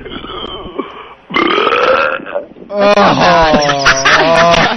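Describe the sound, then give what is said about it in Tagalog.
A string of big, loud burps, three in quick succession, each a long croaky rumble, with the final one the longest and most drawn out. “Just give us a big burp.”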